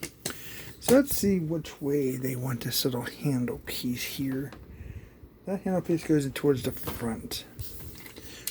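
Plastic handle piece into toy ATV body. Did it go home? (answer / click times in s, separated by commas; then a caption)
yes / 8.5 s. A small plastic handle piece is fitted into the front of a grey Joytoy 1:18 scale Wildcat ATV plastic toy while someone talks. It snaps into place with a sharp click at 8.5 seconds, and the handle is seated.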